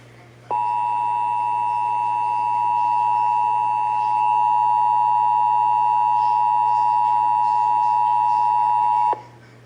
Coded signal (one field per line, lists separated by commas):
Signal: Emergency Alert System (SAME) tones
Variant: 853 and 960 Hz attention tone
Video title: (EAS #230) Severe Thunderstorm Warning (WBAP-AM)